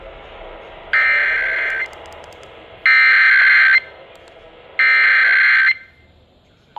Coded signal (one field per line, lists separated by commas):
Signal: Emergency Alert System (SAME) tones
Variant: header bursts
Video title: The Rest of March's Alerts (3/19-30/25) (New EAS 819-824)